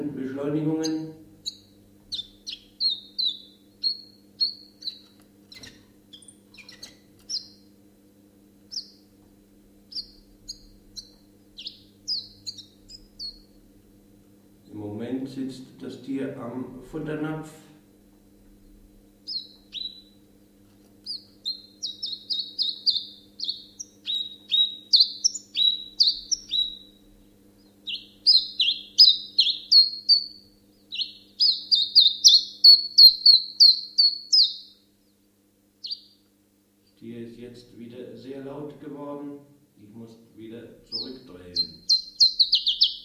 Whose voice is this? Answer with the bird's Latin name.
Phylloscopus collybita